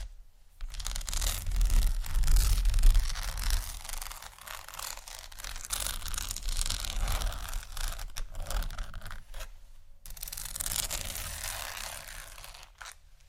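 Scratching on a rough surface goes on almost without pause, a dense, gritty rasp full of fine crackling detail and a rumbling low undertone. It starts strongly near the first second, eases slightly in the middle, breaks off briefly around ten seconds, then resumes before stopping.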